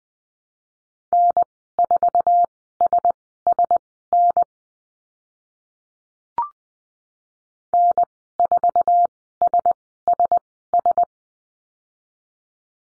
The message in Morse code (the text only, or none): N4SSN N4SSS